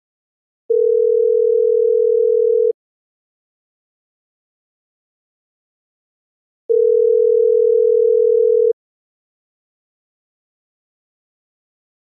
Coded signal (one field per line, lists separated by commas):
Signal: telephone call progress tone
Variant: North America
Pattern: ringback tone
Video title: PHONE SOUNDS. Ringing tone (USA). 1 HOUR with left/right pan. Call-progress tones. Sound effects